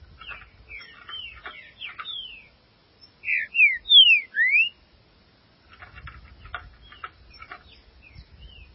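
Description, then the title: Green-winged saltator song: a short phrase of four loud, clear whistled notes, sliding up and down, between softer clicking and chattering sounds. "Trinca Ferro"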